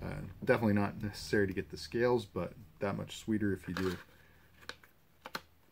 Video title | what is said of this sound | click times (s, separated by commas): Dark Timber Honey Badger & ESEE Izula II Piggyback System | got a nice little click in it's really solid in there there's no rattle no play | 5.4 s